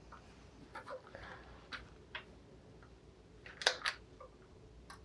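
Someone handles an Aptera Launch Edition 1:18 scale diecast model car or its display case, moving a closing panel, a door or lid, toward shut. Faint taps and light rustles are heard, with a couple of sharper ticks near 3.7 and 3.9 s and a sudden sound right at the end. Nothing has seated or clicked shut yet.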